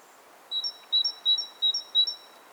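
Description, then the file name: Great tit giving five rapid see-saw note pairs, low then high, evenly spaced over about two seconds against quiet background hiss. "Parus major"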